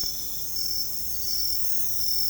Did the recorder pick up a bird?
no